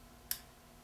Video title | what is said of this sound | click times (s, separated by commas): How to restore Diecast Cars | there it is little snap that's just about perfect if we drilled it too much we'd fall right off | 0.3 s